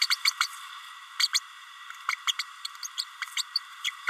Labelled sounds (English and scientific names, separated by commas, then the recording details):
Green-rumped Parrotlet (Forpus passerinus) babbling
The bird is a female
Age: 30 days
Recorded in a nest box in Venezuela
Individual 17B32A7